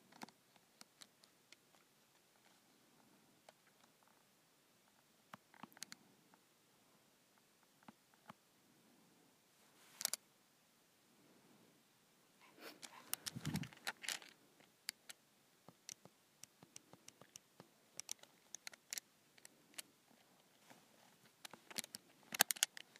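Calculator keys are tapped in irregular bursts of sharp little clicks, sparse early on, then quicker clusters after about twelve seconds over near silence.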